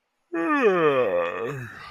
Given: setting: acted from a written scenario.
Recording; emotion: vocal sound without words; serenity